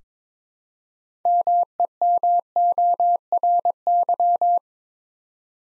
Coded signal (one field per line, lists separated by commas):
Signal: Morse code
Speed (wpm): 22 wpm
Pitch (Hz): 700 Hz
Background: none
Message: MEMORY